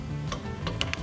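A click-type torque wrench tightens a rocker arm fastener on the cylinder head of a small 212 Predator engine, with music playing in the background. Softer ratcheting ticks give way to sharp clicks at 0.8 s and 0.9 s as the wrench reaches its set torque, confirming the fastener is tightened to spec.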